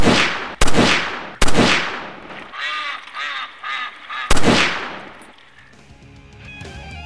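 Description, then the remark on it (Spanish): Ducks quack in a busy, nasal chatter between several loud, sharp gunshot-like blasts. The quacking fades into a softer tail at the end. “Sueños Son, el programa que te vuela los patos de la cabeza.”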